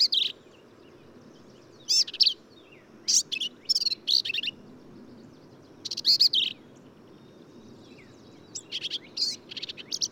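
Black-capped vireo singing scratchy, rapid high phrases with slurred whistled elements, grouped bursts separated by short silences.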